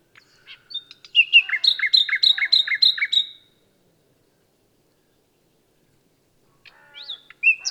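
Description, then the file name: Common nightingale song: varied notes leading into a loud rapid repeated phrase, then silence and a short restart near the end. "Luscinia megarhynchos"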